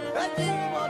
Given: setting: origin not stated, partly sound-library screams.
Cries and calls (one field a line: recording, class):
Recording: one-second piece from a danger detection set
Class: normal situation